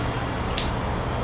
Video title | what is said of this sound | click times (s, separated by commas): Tools for Marine Applications - Ch. 2 Episode 1 - Intro Course | or you have a this one also for angle and this one's nice because this one here you can actually lock it in place | 0.6 s